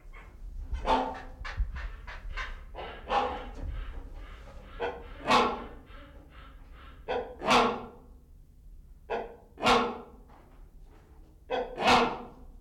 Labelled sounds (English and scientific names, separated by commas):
Malabar Pied Hornbill (Anthracoceros coronatus)